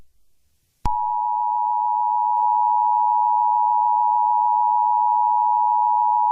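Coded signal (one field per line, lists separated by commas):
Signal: Emergency Alert System (SAME) tones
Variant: 853 and 960 Hz attention tone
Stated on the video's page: Fictional EAS scenario using valid EAS tones.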